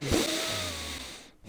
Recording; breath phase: one breath near a microphone; inhalation